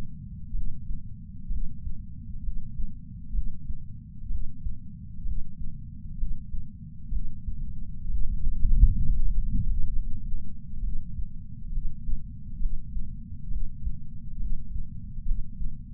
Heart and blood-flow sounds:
heart sounds by patch sensor on the chest; 65 bpm
0.52 s: heartbeat
1.48 s: heartbeat
2.41 s: heartbeat
3.32 s: heartbeat
4.28 s: heartbeat
5.23 s: heartbeat
6.16 s: heartbeat
7.10 s: heartbeat
8.07 s: heartbeat
9.02 s: heartbeat
9.91 s: heartbeat
10.81 s: heartbeat
11.70 s: heartbeat
12.58 s: heartbeat
13.48 s: heartbeat
14.37 s: heartbeat
15.24 s: heartbeat
From the record:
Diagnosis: coronary artery disease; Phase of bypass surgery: preoperative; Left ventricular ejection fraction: 47%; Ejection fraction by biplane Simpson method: 47.3%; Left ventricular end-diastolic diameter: 51 mm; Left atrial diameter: 32 mm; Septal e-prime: 4.7 cm/s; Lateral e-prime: 7 cm/s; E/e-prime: 9.1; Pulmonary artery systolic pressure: 21 mmHg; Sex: male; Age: 60 years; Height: 174 cm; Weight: 72 kg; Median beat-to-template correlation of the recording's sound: 0.91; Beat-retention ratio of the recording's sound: 0.98

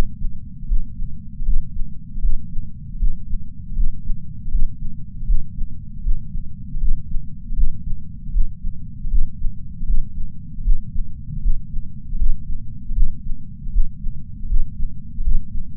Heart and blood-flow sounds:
heart sounds by patch sensor on the chest; 78 bpm
0.64 s: heartbeat
1.41 s: heartbeat
2.17 s: heartbeat
2.95 s: heartbeat
3.71 s: heartbeat
4.47 s: heartbeat
5.22 s: heartbeat
5.99 s: heartbeat
6.76 s: heartbeat
7.52 s: heartbeat
8.28 s: heartbeat
9.06 s: heartbeat
9.82 s: heartbeat
10.60 s: heartbeat
11.38 s: heartbeat
12.14 s: heartbeat
12.91 s: heartbeat
13.68 s: heartbeat
14.44 s: heartbeat
15.20 s: heartbeat
From the record:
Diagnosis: coronary artery disease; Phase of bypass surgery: intraoperative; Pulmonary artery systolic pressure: 21 mmHg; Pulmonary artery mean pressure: 15 mmHg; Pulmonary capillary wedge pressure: 10 mmHg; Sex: male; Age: 65 years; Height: 170 cm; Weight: 65 kg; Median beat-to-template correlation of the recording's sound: 0.94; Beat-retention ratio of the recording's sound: 0.99

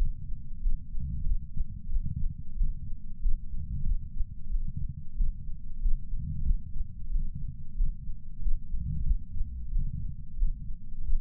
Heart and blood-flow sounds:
heart sounds by patch sensor on the chest; 92 bpm
0.60 s: heartbeat
1.24 s: heartbeat
1.89 s: heartbeat
2.55 s: heartbeat
3.20 s: heartbeat
3.84 s: heartbeat
4.49 s: heartbeat
5.15 s: heartbeat
5.80 s: heartbeat
6.44 s: heartbeat
7.09 s: heartbeat
7.75 s: heartbeat
8.40 s: heartbeat
9.04 s: heartbeat
9.70 s: heartbeat
10.36 s: heartbeat
11.01 s: heartbeat
From the record:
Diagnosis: coronary artery disease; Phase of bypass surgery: postoperative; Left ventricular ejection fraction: 63.7%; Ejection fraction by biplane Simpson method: 59.4%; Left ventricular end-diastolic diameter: 49 mm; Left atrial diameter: 35 mm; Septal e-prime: 7.3 cm/s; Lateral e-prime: 9.8 cm/s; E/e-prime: 7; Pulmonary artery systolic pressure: 20 mmHg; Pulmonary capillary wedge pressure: 4 mmHg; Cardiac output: 5.4 L/min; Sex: male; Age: 69 years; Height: 174 cm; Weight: 79 kg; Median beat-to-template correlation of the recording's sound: 0.69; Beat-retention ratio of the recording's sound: 1.00

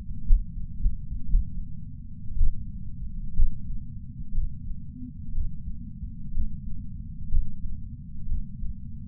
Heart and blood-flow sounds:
heart sounds by patch sensor on the chest; 64 bpm
0.80 s: heartbeat
1.28 s: heartbeat
2.36 s: heartbeat
3.34 s: heartbeat
4.32 s: heartbeat
5.32 s: heartbeat
6.31 s: heartbeat
7.29 s: heartbeat
8.26 s: heartbeat
From the record:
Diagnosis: coronary artery disease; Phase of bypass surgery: preoperative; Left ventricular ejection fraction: 64.7%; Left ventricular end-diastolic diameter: 48 mm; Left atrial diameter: 35 mm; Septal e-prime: 7.2 cm/s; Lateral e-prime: 9.9 cm/s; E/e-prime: 8.2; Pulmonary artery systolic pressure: 27 mmHg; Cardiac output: 5.5 L/min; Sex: male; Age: 75 years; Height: 167 cm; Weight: 58 kg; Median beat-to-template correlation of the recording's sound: 0.83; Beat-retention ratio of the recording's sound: 0.99

